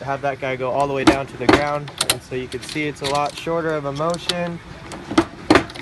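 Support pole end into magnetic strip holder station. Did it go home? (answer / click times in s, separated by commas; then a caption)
no / none. A 3rd-hand support pole is lowered with a short motion toward a modified magnetic strip holder station that has a wooden block added on the back. Someone talks throughout, and a few sharp knocks are heard near the end at about 5.2, 5.5 and 5.8 seconds. The clip ends before the pole end clicks into the holder, so nothing has seated yet.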